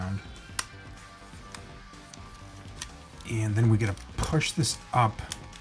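A plastic part of a Transformers Masterpiece MP-13 Soundwave KO version transforming robot figure is being pushed up into its body during transformation, with small sharp handling ticks over background music while someone talks. The clip ends just before the part goes home, so nothing has seated or clicked yet.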